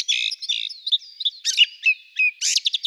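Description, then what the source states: Ring ouzel: a fast mix of harsh, scratchy chacks and short high whistled notes, ending in a quick rattling series of clipped, buzzy notes. Recorded in Slovenia.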